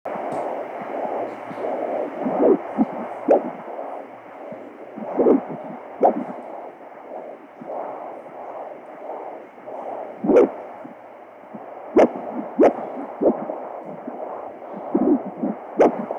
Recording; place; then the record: Doppler ultrasound of blood flow; carotid artery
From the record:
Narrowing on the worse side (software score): occlusion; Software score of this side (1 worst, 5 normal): 1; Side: right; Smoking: never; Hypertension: yes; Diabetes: type 2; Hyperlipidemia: yes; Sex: male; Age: 50 years